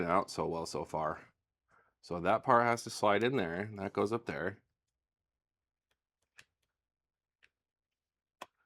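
A plastic protective case section is slid onto a Switch 2 handheld game console while someone talks, followed by quiet and three brief ticks at about 6.4, 7.4 and 8.4 seconds. The piece fails to fit on the console because it was put on wrong, with the Joy-Con release button not threaded through the case, so nothing has seated or clicked into place yet.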